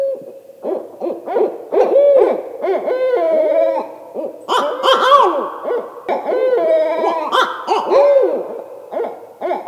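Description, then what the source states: Barred Owls hooting, a series of hoots and wails with a second voice joining partway through and overlapping. Played back from a CD: a female gives the two-phrase hoot, followed by the male ascending hoot.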